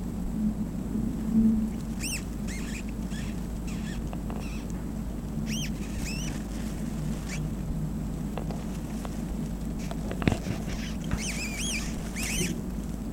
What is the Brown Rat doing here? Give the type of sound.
call